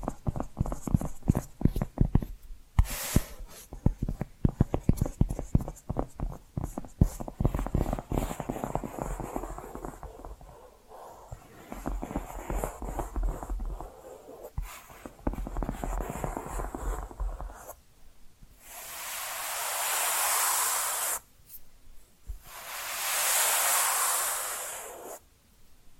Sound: Hypnotic Tapping & Scratching Sounds